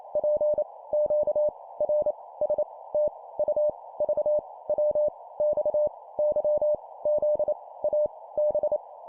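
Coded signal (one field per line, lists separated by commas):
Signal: Morse code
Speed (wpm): 28 wpm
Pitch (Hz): 600 Hz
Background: none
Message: P Q R S T U V W X Y Z A B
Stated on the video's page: Computer-generated 25 wpm Morse practice drill of random letters.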